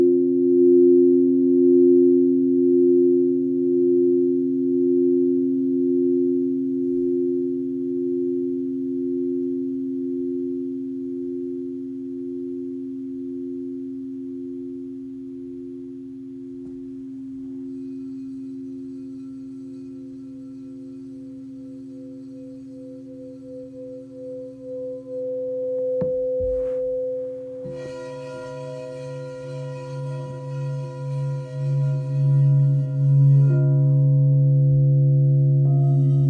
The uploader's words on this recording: This quick grounding meditation features a high C, low C, middle C and F bowl.